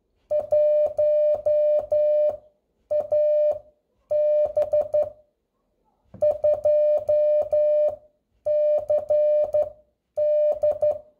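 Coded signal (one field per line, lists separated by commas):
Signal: Morse code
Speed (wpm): 12 wpm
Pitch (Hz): 600 Hz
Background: none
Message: 1AB 2CD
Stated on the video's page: Radiotelegraphy: telegraphic signals keyed onto a radio carrier wave.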